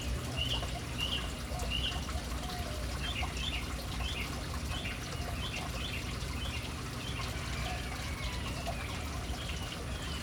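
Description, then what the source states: Bird calls: a series of short, bright chirps set against a constant wash of falling water. City birds hanging around a fountain in an urban setting.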